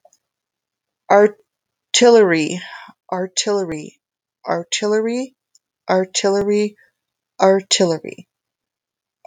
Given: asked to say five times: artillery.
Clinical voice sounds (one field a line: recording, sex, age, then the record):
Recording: repeated word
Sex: female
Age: 50 to 59 years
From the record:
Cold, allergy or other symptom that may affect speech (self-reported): no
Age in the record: 50 years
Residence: Minnesota, United States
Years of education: 17